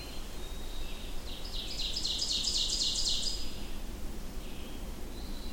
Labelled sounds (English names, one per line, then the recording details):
Ovenbird song
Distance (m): 35 m
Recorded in boreal forest in Alberta, Canada, on 25 June 2016 at 08:46
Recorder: SongMeter 3, array SBT-6-76
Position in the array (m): 34 m, 109 m
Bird 2